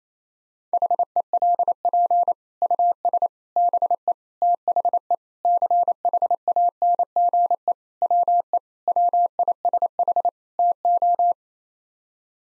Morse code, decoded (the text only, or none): HELP US BE THE CHANGE WE WISH TO